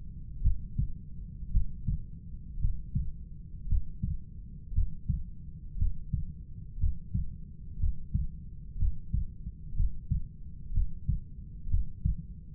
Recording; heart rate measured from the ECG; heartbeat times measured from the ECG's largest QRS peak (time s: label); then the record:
heart sounds by stethoscope; 59 bpm
0.44 s: heartbeat
1.53 s: heartbeat
2.61 s: heartbeat
3.69 s: heartbeat
4.74 s: heartbeat
5.78 s: heartbeat
6.80 s: heartbeat
7.79 s: heartbeat
8.79 s: heartbeat
9.76 s: heartbeat
10.73 s: heartbeat
11.70 s: heartbeat
From the record:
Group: heart failure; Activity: breath hold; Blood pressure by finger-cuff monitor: 114/79 mmHg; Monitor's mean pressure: 89 mmHg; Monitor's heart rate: 58 bpm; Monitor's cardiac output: 5.2 L/min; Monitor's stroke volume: 90 mL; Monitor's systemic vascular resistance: 1290 dyn s/cm5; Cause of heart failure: idiopathic cardiomyopathy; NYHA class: 1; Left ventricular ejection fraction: 50%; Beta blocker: bisoprolol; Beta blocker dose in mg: 5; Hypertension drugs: candesartan, spironolactone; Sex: male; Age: 54 years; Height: 180 cm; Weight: 94.6 kg